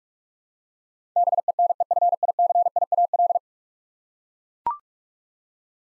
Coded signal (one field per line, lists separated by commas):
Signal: Morse code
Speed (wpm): 42 wpm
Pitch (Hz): 700 Hz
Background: none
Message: BENEFICIAL